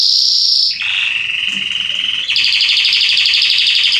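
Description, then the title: Belgian canary song: a high steady trill dropping to a lower rolling trill, then a pulsed buzzy roll. Male Belgian canary singing a lot, used to warm up and train young canaries. "Canary Training Esquente Seu Filhote E Canario Belga Macho Cantando Muito CANTO DO CANRIO"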